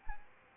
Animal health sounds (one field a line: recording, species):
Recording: mosquito wingbeat signal from an infrared sensor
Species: Anopheles arabiensis